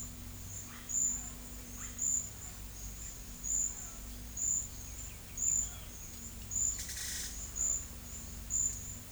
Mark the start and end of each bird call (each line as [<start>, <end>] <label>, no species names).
[7.01, 7.60] bird call